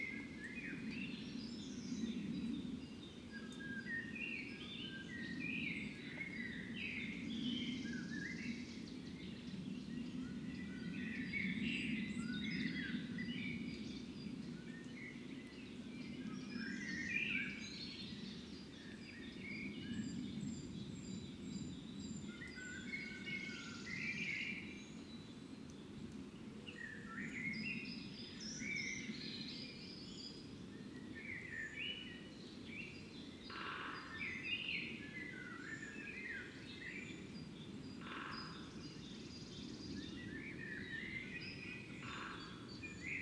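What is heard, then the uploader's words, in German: Birds sing on a morning outside a fox den, with many overlapping chirps, trills and short whistles scattered through the whole stretch. Beneath them runs a steady low rumble that swells and eases, and a few sharp clicks land near the middle and end. Der Morgen vor dem Fuchsbau. Anders als in der Lehmgrube wachen hier die Vögel zu unterschiedlichen Zeiten auf. Auch dies ist eine Kunstkopfaufnahme, die mit Kopfhörern deutlich eindrucksvoller klingt.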